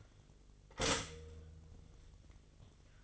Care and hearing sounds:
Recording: daily activity, microphone in the room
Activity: stop toaster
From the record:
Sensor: 4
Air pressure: 1002.9 hPa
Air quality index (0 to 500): 236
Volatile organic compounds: 17 ppm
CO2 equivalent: 2566 ppm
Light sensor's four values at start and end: 22/74/27/28 and 19/64/24/23

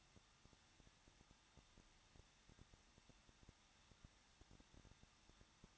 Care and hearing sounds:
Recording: daily activity, microphone in the room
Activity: no activity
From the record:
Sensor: 3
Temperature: 21.2 degrees Celsius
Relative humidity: 36.3%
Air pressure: 1006.3 hPa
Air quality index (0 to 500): 221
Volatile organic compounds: 40 ppm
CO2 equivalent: 3150 ppm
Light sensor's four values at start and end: 2/3/2/2 and 2/3/2/2

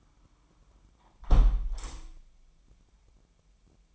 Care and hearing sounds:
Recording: daily activity, microphone in the room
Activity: close window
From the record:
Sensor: 1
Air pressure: 998.5 hPa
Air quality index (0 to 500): 137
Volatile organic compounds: 4 ppm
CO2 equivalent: 1648 ppm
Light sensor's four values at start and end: 10/25/10/13 and 10/24/10/12

